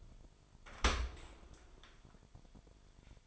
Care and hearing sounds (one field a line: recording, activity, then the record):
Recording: daily activity, microphone in the room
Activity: open dishwasher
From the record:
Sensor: 5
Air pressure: 1003.2 hPa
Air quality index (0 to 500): 130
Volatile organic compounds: 1 ppm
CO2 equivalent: 954 ppm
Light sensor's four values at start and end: 91/218/93/106 and 87/208/89/101